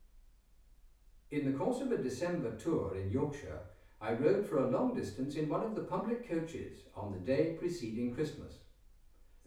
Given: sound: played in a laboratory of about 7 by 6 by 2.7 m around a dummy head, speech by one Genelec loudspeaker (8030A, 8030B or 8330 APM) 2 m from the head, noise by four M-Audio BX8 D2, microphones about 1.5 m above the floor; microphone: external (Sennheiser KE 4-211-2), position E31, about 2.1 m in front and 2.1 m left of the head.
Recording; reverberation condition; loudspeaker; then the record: male speech in English; medium; 120 degrees to the right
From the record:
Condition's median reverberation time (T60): about 510 ms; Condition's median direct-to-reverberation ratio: about -0.5 dB